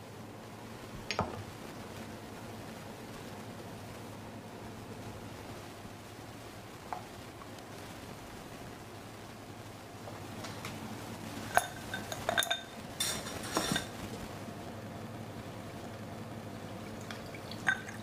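Bartender sounds over a steady low hum, with liquid trickling and dripping faintly throughout. Sharp clinks and knocks break in near the start and around seven seconds, then cluster busily between about eleven and fourteen seconds, with one last tap near the end.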